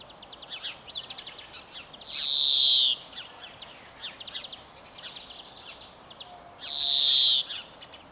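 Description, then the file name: Greenfinch, European, singing: busy twittering chirps broken by a long buzzy 'dzweee' that slides down, heard twice about four and a half seconds apart. "Chloris chloris"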